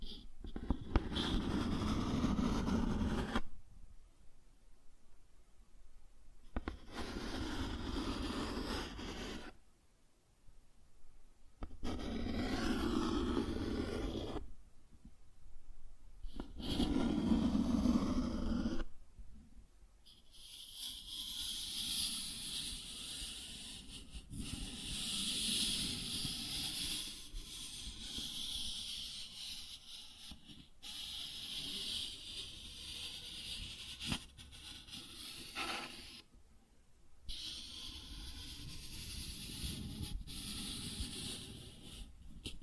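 Cardboard being scratched and rubbed, first in separate bursts with silent gaps, each carrying a dull low rasp. After about twenty seconds the sound turns into a near-continuous bright, hissing scrape, with brief pauses around 34 and 37 seconds.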